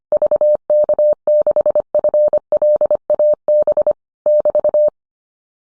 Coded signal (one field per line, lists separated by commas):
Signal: Morse code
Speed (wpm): 25 wpm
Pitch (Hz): 600 Hz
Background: none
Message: VK6FLAB <BT>